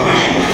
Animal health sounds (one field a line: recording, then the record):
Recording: squeal of a Yucatan mini pig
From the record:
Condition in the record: before surgery on the right vocal fold (resection and tissue-engineered implant)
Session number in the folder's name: 2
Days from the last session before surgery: 0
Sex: male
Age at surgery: 12 weeks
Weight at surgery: 13 kg